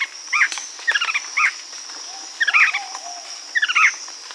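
Bird calls in short clusters of descending chirped notes, several bursts, over a steady high-pitched hiss in the background.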